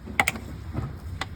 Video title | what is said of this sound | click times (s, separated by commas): Tap N Tee Long Installation Video | Hear those clicks? | 0.2 s, 0.3 s, 1.2 s